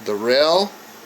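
Someone talks briefly while handling an Olight Warrior X weapon light's rail mount clamp on a firearm's Picatinny rail, with a steady background hiss. The knob has been pulled out to tighten the unit against the rail, but nothing has seated or clicked yet.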